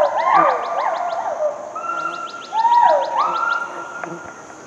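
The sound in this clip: Hoolock gibbon calls, overlapping rising and falling hoots, with a fast series of high, thin ticking sounds above them at the start and middle.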